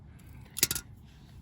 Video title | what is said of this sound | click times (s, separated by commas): • 2017 Hyundai Elantra Front Inner and Outer Tie Rod Replacement Guide Vlog # 169 | Once you hear the click, you got it. | 0.6 s